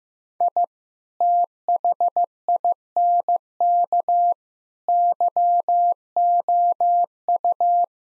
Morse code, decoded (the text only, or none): I THINK YOU